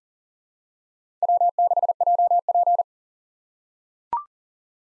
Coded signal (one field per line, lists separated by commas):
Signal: Morse code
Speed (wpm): 40 wpm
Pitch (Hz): 700 Hz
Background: none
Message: W6JP